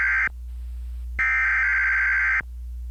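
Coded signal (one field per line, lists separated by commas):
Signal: Emergency Alert System (SAME) tones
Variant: header bursts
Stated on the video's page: Requested mock EAS alert, simulated nuclear power plant warning closely recreating a scene from another fictional scenario.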